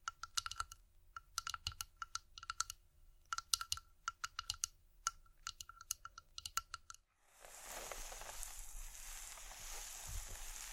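Rapid tapping on wood and hard surfaces fills the first seven seconds, quick sharp clicks coming in irregular bursts like typing. After a brief silence near the seven-second mark, a steady, dense scratching hiss takes over, bright and rough, running to the end.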